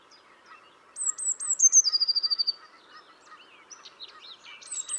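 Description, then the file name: Eurasian blue tit song: a single phrase of very high thin notes sliding down into a fast, even trill, followed by scattered chirps. "Cyanistes caeruleus"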